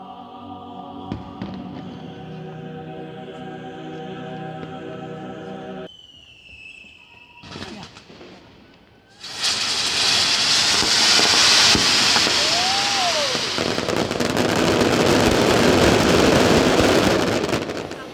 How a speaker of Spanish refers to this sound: Tras esta ofrenda de fuegos artificiales declarada fiesta de interés turístico nacional, se llevó a cabo la carretilla esta madrugada en la zona acotada de Lord del Monjo.